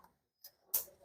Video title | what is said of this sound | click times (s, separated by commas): FPV Angle Magic with Neck Holder – Hands-Free POV Shots - പുതിയ ക്രിയേറ്റർമാർക്കുള്ള ഒരു നല്ല ഐറ്റം. | ഓക്കെ ലോക് ആയി ഇത് റിലീസ് ചെയ്യാൻ ഇവിടെ ബട്ടൺ കൊടുത്തിട്ടുണ്ട് ബട്ടൺ പ്രസ്സ് ചെയ്യാണെങ്കിൽ റിലീസ് ചെയ്യുക പിന്നെ | 0.8 s